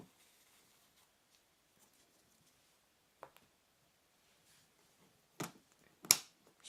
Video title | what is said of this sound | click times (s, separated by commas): J.Rosee Large 8 Watch Box | it does have a very nice click as you're here as you've just heard of the catch mechanism of the watch box right there | 6.1 s